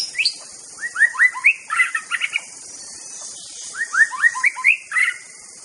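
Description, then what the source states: White-rumped shama song: bursts of rich whistled notes and quick rising slurs in two phrases, over a steady high insect drone. Wild bird in forest; original natural song.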